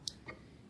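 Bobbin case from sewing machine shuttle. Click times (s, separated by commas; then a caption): 0.1 s. A small metal latch lever on a metal bobbin case is pulled, and the case clicks free of the sewing machine shuttle with a sharp, bright click at 0.1 s. Softer ticks follow at 0.3 s and 0.7 s, leaving the bobbin case released.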